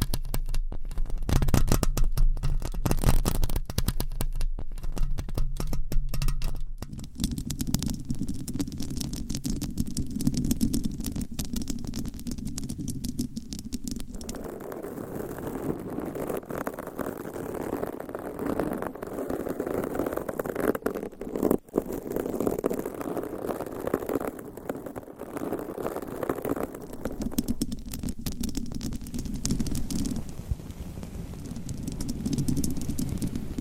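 Long nails scratch across microphones in a dense, continuous rasp. The first seven seconds are loud and choppy with a deep rumble, then the scratching settles into a steadier, muffled scraping that turns brighter and papery between about 15 and 27 seconds before dulling again.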